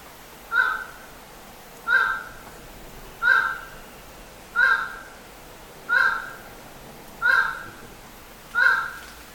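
Highland tinamou calling, a nasal, harmonic note repeated steadily about every 1.3 seconds, seven notes in all over a quiet background.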